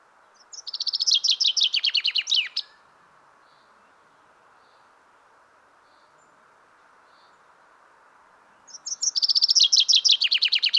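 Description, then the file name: Common chaffinch singing twice, each phrase a rapid cascade of sharp descending notes, the first ending in a flourish and the second cut off at the end, with a quiet pause of roughly six seconds between them. "Fringilla coelebs"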